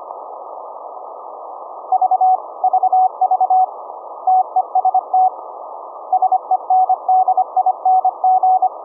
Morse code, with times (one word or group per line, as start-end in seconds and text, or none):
1.9-2.4 V
2.6-3.6 VV
4.3-5.3 TEST
6.1-8.7 SENDING